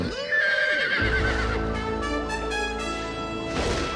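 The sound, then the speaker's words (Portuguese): A horse lets out a loud, high whinny that wavers and trails off, followed by snorting and a rumbling, clattering background that continues to the end. “Eu não monto cavalos gigantes!”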